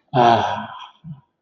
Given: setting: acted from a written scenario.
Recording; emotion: vocal sound without words; ecstasy